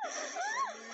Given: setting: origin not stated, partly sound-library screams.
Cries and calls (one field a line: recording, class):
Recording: one-second piece from a danger detection set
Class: woman in danger